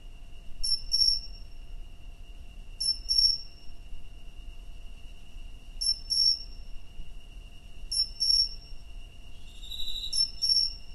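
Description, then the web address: Cricket song of paired high chirps repeated every two to three seconds, a short buzzy trill joining late, with a constant faint tone beneath. "Hoerbeispiele Grillen"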